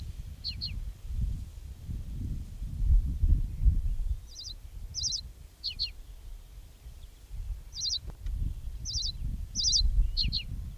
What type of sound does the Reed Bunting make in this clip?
song